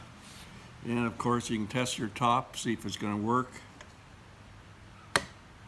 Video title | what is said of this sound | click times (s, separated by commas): Wooden Dice Puzzle Box - INSTRUCTIONS - helpful links in Description | fairly snug pops right in place with those magnets | 5.2 s